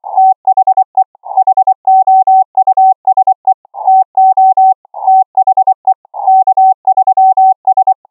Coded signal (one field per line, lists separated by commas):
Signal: Morse code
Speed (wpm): 24 wpm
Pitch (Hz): 760 Hz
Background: none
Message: THE HOUSE TO THE K3S